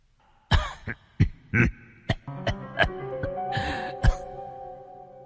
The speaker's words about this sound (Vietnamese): Không đến một thời ba khắc, con cương thi kia lúc này phát ra âm thanh ho khan như người.